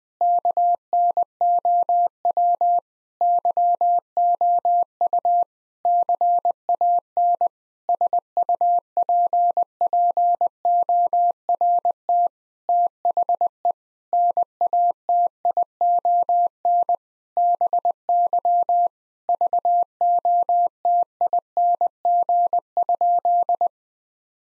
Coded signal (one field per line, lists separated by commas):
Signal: Morse code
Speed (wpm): 20 wpm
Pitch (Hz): 700 Hz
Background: none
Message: KNOW YOU CAN SUPPORT THE NATION BY VOTING?